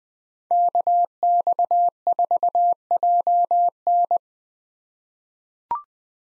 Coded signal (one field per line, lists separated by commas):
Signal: Morse code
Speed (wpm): 20 wpm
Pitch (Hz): 700 Hz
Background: none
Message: KX4JN